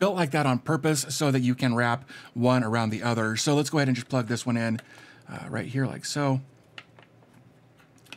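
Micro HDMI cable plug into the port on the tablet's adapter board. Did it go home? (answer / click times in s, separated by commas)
yes / 8.1 s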